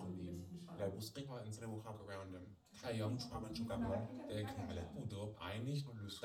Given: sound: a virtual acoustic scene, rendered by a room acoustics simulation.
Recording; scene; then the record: noise of the scene; living room, asymmetric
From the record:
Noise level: 67 dB SPL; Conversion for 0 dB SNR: 5.4 dB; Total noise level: 72.4 dB SPL